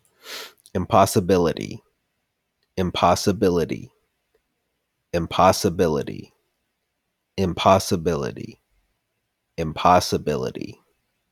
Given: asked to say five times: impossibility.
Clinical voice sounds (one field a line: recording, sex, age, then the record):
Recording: repeated word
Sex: male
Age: 30 to 39 years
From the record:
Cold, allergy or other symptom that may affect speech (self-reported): no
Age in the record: 33 years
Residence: Georgia, United States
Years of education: 19